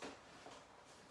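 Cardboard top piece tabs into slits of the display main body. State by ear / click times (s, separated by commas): not seated / none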